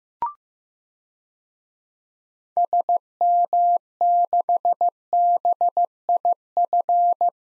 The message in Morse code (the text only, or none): SM6BIF